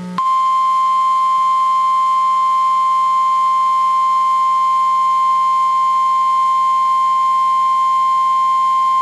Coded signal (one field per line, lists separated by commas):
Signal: Emergency Alert System (SAME) tones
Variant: 1050 Hz attention tone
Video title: (RARE) Hurricane Warning Doubleheader on KEC38 Clearwater, FL (9/26/22) (EAS #48-49)